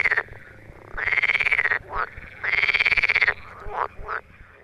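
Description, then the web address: Edible frog giving two long, rapidly pulsed rattling croaks, each nearly a second, with shorter rising croaks before, between and after them. Frogs calling in the Tävsmoor. "teichfrosch. rufen jetzt die froesche im taevsmoor"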